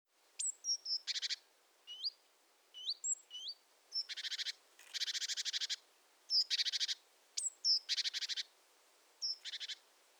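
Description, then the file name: Great tit with high thin notes followed by harsh, buzzy churring rattles, repeated several times in quick succession. "Parus major"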